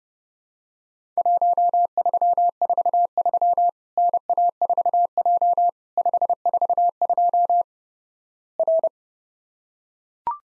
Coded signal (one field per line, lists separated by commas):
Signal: Morse code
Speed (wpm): 32 wpm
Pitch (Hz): 700 Hz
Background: none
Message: 1343 NA4J 542 R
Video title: Worked All Europe DX Contest QTC Exchange 30wpm